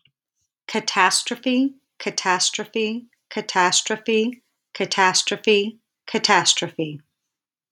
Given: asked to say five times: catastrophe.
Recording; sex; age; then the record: repeated word; female; 40 to 49 years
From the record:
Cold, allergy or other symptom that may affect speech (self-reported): no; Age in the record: 48 years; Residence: California, United States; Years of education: 18